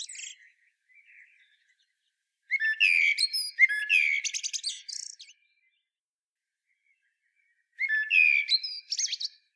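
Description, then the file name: Common blackbird song: the tail of one phrase, then two phrases of mellow whistled warbling topped with scratchy high twitters, with long quiet pauses. "Turdus merula"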